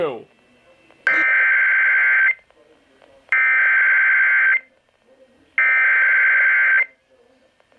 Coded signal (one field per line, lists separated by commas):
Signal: Emergency Alert System (SAME) tones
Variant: header bursts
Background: speech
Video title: The spirit is coming back!!! EAS Alerts from 6/22/19 (EAS #2,786 - 2,809)